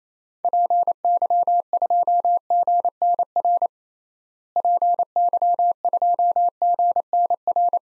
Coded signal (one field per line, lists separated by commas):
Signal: Morse code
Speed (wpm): 28 wpm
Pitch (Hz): 700 Hz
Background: none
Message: PY2GNR PY2GNR